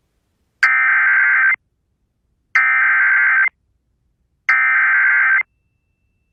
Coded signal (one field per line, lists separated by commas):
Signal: Emergency Alert System (SAME) tones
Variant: header bursts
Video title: Mississippi and Louisiana still want some... | EAS Alerts from 11/24/2022 (EAS #2007-2029)